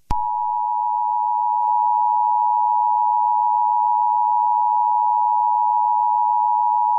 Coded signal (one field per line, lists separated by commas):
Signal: Emergency Alert System (SAME) tones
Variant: 853 and 960 Hz attention tone